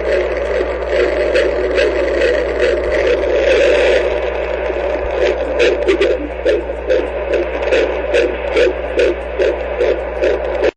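Rapid whooshing pulses, about 143 a minute, over static and low hum: a normal fetal heartbeat on Doppler at 17 weeks of gestation.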